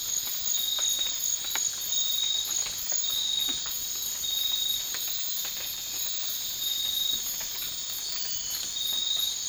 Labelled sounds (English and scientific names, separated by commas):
none